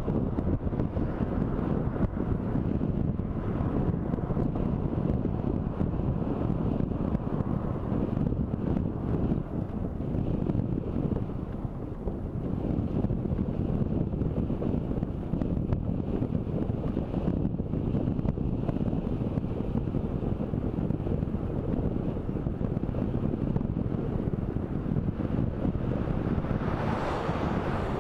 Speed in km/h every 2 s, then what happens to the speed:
30, 29, 29, 27, 27, 26, 26, 25, 25, 26, 25, 27, 25, 25.
0-28 steady at about 26.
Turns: none.